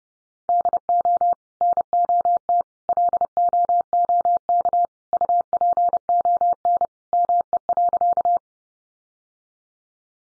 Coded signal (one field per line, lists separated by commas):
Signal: Morse code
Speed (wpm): 29 wpm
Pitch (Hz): 700 Hz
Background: none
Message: DO NOT LOOK UPON ME.